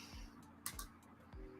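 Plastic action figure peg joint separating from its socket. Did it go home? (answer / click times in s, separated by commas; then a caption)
released / 0.7 s. A knife blade is gently rocked between two plastic parts of an action figure, working along the mushroom-headed peg until the joint pops free with a sharp pop at 0.7 s. A second, quieter snap follows at 0.8 s and a faint tick near 1.3 s over a steady low tonal hum. The peg joint separates cleanly from its socket.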